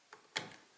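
A screwdriver pulls back the tab of the retaining clip on the metal bobbin case of a freshly cleaned vintage Singer 201 sewing machine, and the clip is worked forward into its notch in the hook assembly. A faint tick at 0.1 s is followed by a sharp, bright click at 0.4 s and a softer tick at 0.5 s. The retaining clip seats in its notch.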